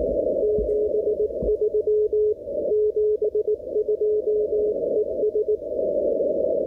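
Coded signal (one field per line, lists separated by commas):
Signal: Morse code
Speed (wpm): 19 wpm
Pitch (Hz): 420 Hz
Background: radio noise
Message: 73 72 ES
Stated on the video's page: CW QRP ragchew at 5 watts over 1100 km, 24 WPM, wire antenna on shortwave, exchanging name, location, station and weather.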